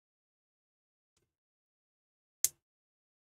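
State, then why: Seated. A plastic model kit part is pressed hard into its socket on the mating part. After near silence and a faint tick around 1.2 s, a single sharp, bright snap sounds at 2.4 s and decays quickly. The part snaps home and is seated.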